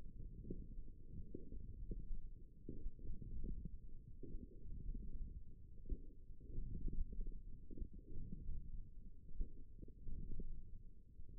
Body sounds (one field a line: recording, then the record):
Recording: forearm muscle sounds (acoustic myography)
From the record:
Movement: forearm supination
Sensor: system 1, eight BSWA MPA416 microphones around the upper forearm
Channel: 4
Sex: female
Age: 22 years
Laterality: right